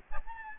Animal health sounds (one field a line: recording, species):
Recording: mosquito wingbeat signal from an infrared sensor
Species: Aedes albopictus